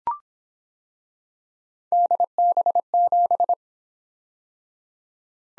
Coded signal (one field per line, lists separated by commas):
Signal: Morse code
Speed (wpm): 26 wpm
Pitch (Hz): 700 Hz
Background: none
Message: DB7